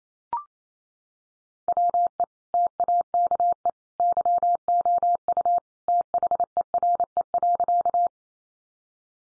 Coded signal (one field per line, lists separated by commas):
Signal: Morse code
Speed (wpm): 28 wpm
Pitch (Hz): 700 Hz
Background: none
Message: WE TAKE YOU THERE.